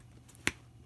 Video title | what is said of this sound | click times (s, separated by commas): Lug Soar - Walk-Through (not a full review) | So this here, just to compare, if you listen to this snap, do you hear that? | 0.5 s